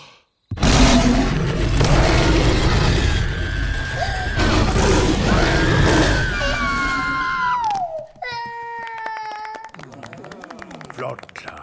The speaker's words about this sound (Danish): Giv os så et stort, flot brøl.